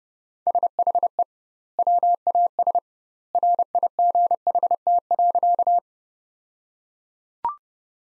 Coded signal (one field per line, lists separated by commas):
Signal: Morse code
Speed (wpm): 32 wpm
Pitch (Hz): 700 Hz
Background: none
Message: SHE WAS RIGHT.